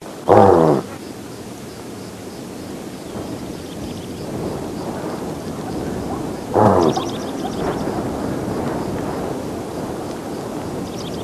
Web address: cheetah